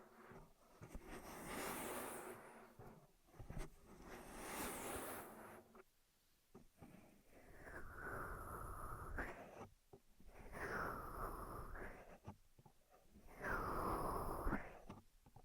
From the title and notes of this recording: ASMR 10 Ear Massages for Sleep (No Talking).